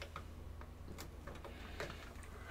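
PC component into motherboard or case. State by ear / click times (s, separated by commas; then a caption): not seated / none. A PC component is handled during a PC build, being worked toward its place in the motherboard or case, with small ticking and tapping handling sounds over a steady low hum. Nothing has seated or clicked into place yet.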